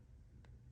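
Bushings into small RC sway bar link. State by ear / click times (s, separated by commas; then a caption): not seated / none. Plastic bushings are handled while being pressed into small RC sway bar links from a prerunner kit for the Meus MB24. A low, steady hum runs throughout, with one brief, faint tick at 0.5 s. Nothing has seated or clicked into place yet.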